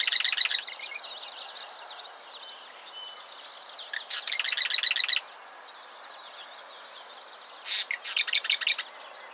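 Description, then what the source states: Mourning warbler song: short bursts of fast, rolling, repeated chirpy notes, one at the start, another around four seconds and a third near the end, with faint bird twitters between. Recorded in the USA, Minnesota, at Old Cedar Ave, on 14 July 2012.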